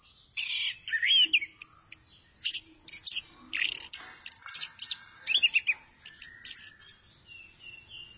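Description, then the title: Thrush song of sharp chirps and slurred whistles in quick, uneven bursts. "burung anis x"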